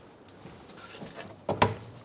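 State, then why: Seated. An EVAP hose quick-connect fitting is pushed onto the charcoal canister port under a 2007-2011 Toyota Camry (2.4L L4) during fuel tank replacement. Faint handling noises lead up to a softer tap at 1.5 s and then one sharp click at 1.6 s. The fitting is seated and locked on.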